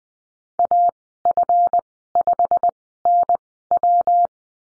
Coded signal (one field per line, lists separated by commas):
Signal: Morse code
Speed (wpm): 20 wpm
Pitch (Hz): 700 Hz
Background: none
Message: AF5NW